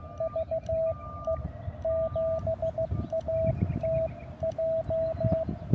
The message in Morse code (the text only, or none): VE7ATJ